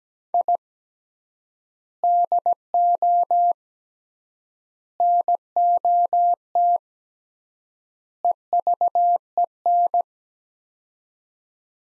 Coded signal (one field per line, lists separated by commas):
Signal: Morse code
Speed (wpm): 17 wpm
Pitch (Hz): 700 Hz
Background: none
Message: I DO NOT EVEN